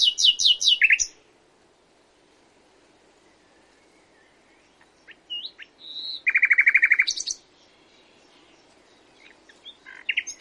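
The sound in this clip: Common nightingale singing varied phrases: rapid loud note series, a short whistle, then a rich rattling trill, with silent gaps between phrases.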